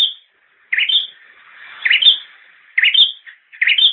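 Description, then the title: Bird chirping, a few two-part calls, a low warble then a high whistle, spaced about a second apart over faint hiss. "kikicau"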